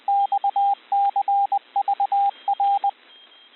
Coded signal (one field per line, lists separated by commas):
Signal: Morse code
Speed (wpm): 20 wpm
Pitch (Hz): 800 Hz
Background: radio noise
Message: XCVR